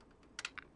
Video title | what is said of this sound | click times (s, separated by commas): DTG Viper 2 Cartridge Bay Damper Assembly Replacement | click into place. That's the locking mechanism. | 0.4 s